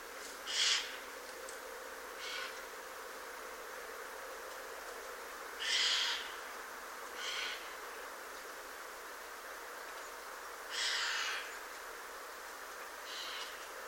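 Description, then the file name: Eurasian jay giving several harsh, rasping screeches at uneven gaps, the first loudest. "Garrulus glandarius"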